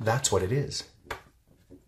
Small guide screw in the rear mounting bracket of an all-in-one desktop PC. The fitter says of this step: here you just turn them a quarter turn half turn you'll hear a pop and that's because that's